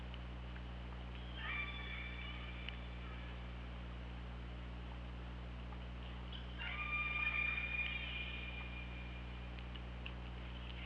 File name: Orca Lab UTLN JASON 20170824 212838 h 2 LL ORCALABDYNI